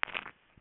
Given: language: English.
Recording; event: throat vibration sensor signal played as sound; swallow